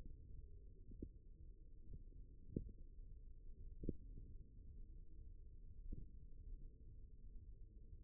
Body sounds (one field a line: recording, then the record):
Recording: forearm muscle sounds (acoustic myography)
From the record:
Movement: thumb flexion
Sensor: system 1, eight BSWA MPA416 microphones around the upper forearm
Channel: 7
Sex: male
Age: 54 years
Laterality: right